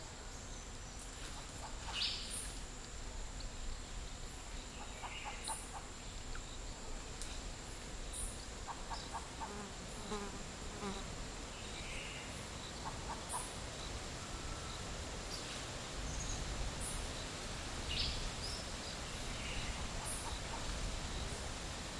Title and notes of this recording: Costa Rican Dry forest. Around midday in a dry forest in Nosara, Guanacaste